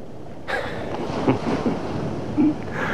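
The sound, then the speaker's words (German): A loud, steady roar of huge ocean waves sets in abruptly after a brief quiet start, with heavier crashing surges swelling now and then over the constant rushing wash of water. “Jede Nacht meterhohe Wellen. Haushohe Wellen. Turmhohe Wellen.”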